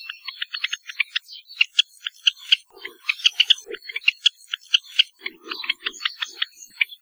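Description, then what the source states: Java sparrow song and calls: rapid clicking, bell-like notes and high chips in bursts, with softer low chuckling notes woven in, continuing throughout. Common where people live, so its songs and calls are an important part of the soundscape.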